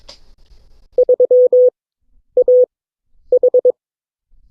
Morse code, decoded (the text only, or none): 3AH